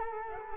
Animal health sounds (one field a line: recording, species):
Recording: mosquito wingbeat signal from an infrared sensor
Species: Culex quinquefasciatus